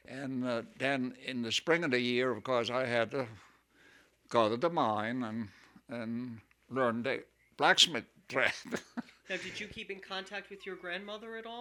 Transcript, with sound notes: And then in the spring of the year, of course, I had to go to the mine and learn the blacksmith trade. (he laughs)
Now did you keep in contact with you grandmother at all?